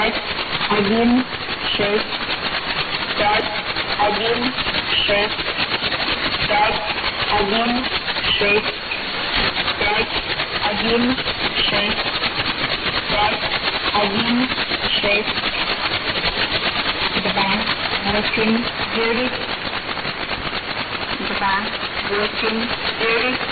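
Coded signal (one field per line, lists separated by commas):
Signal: numbers station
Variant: S06s Russian Lady, Russian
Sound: female voice reading short evenly spaced Russian number words through heavy shortwave static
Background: radio static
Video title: 06 10 2017 Numbers station S06s Russian Lady in Russian to Eu 0934 on 12140 unknown tx site in CUSB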